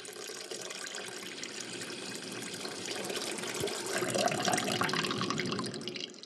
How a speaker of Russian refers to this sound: Около дома стояло 6 больших сосудов для воды, но сейчас они были пусты, и Иисус знал это. «Наполните сосуды водой», — сказал Иисус слугам, и те наполнили их доверху.